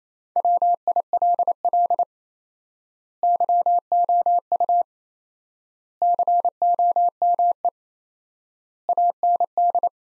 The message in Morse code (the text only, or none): WILL YOU COME AND